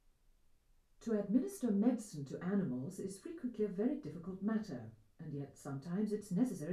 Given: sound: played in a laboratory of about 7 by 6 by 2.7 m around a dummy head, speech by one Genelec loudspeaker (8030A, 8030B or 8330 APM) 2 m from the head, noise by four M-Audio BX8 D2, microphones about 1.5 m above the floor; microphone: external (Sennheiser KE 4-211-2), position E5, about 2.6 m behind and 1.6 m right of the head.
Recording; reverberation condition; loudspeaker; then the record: female speech in English; low; 120 degrees to the right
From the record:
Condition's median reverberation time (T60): about 310 ms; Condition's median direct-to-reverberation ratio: about 3.5 dB